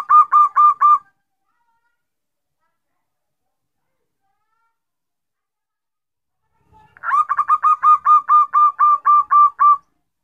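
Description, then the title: Bird song in two bursts of fast, evenly spaced repeated notes, each burst a steady rattling series, separated by several seconds of silence. "Kicau Burung"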